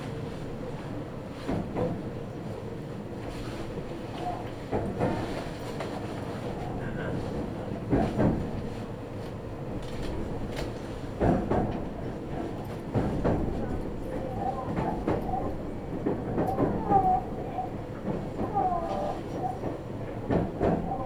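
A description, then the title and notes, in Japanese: A Meitetsu train rolls along the Chita New Line and Kowa Line with a steady low rumble. Sharp rail-joint clacks break through every few seconds, and brief thin squeals rise from the wheels in the later half as the ride grows slightly louder. 名古屋鉄道 知多新線・河和線 内海→富貴→河和。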